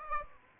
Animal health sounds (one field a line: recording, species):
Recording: mosquito wingbeat signal from an infrared sensor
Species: Aedes aegypti